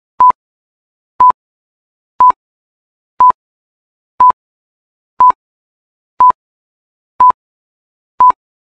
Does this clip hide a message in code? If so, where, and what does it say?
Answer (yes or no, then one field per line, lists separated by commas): no